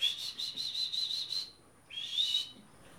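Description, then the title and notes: Budgerigar chirping: a rapid run of high, pulsed warbling chirps for about one and a half seconds, a short gap, then another brief burst of chirps. "Undulat by oledugl"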